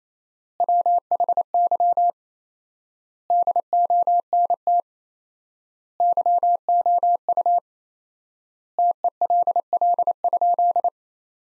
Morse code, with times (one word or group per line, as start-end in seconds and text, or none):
0.6-2.1 WHY
3.3-4.8 DONT
6.0-7.6 YOU
8.8-10.9 TELL?